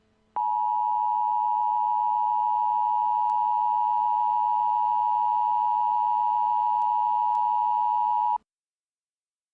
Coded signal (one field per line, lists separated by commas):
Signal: Emergency Alert System (SAME) tones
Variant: 853 and 960 Hz attention tone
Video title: EAS Scenario - Chemical Accident